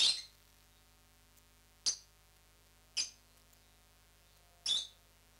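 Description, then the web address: Lovebird chirps: several sharp, high squeaky notes with quiet gaps between. "popugai-nerazluchniki -penie-nerazluchnikov. parrots agapornis"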